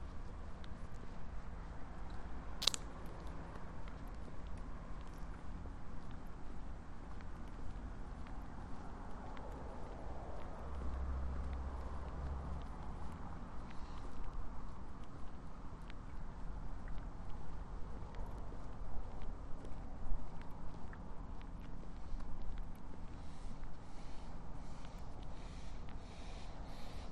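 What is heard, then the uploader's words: A walk through a city neighborhood, with a steady low rumble of traffic underneath throughout. Frequent short crunchy ticks, like footsteps and small handling noises, run across the whole recording, and a single sharp click stands out near the start. A walk through Marpole. The southern tip of Marpole is a gateway into the lower mainland and intersects important nodes of transportation by land, air and water. Opposing soundscapes by the North Arm Fraser River.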